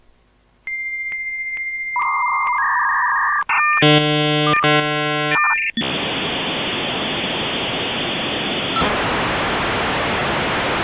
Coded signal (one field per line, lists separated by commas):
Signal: dial-up modem handshake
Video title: BEEP Sound Effects - 10 Beep SOUND EFFECTS